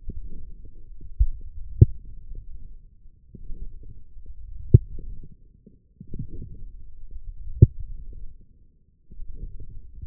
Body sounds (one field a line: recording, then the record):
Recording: forearm muscle sounds (acoustic myography)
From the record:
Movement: forearm pronation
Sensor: system 1, eight BSWA MPA416 microphones around the upper forearm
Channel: 2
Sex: male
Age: 20 years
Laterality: left